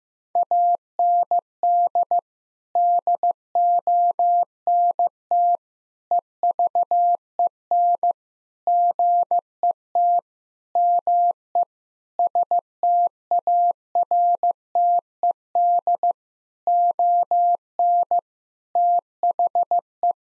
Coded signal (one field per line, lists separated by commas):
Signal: Morse code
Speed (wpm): 16 wpm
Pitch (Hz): 700 Hz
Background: none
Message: AND DONT EVEN GET ME STARTED ON THE